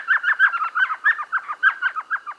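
Elf Owl call, a fast chattering run of many yelping notes.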